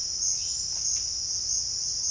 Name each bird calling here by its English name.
none